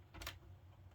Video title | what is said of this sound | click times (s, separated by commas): Modding your Wii/install the Homebrew channel | SD card in there and push it in until you hear it click. | 0.2 s, 0.3 s